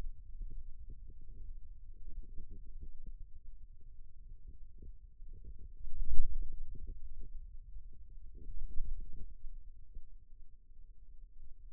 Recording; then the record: forearm muscle sounds (acoustic myography)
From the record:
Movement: ulnar deviation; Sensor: system 2, bracelet of six BSWA MPA416 microphones around the upper forearm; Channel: 2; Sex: male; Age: 22 years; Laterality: right